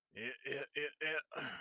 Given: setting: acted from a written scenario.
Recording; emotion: vocal sound without words; serenity